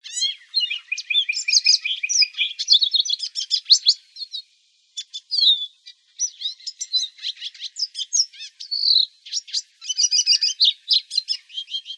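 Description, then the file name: Finch song: a long run of rapid varied twittering, sharp chirps and warbled notes, nearly continuous with a brief gap midway. "LEGO 2 deviche"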